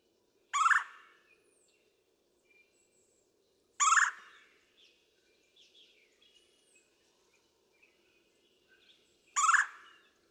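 Red-bellied woodpecker giving harsh rolling churr calls, three loud bursts spaced about three and six seconds apart, with faint chirps of other small birds between.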